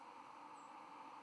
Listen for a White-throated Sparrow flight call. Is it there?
no